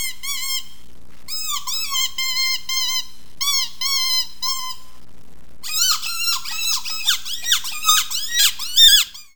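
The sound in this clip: Rodent squeaking: strings of high, shrill squeaks in bursts with short pauses, ending in a faster, more frantic run of squeals and a brief thump.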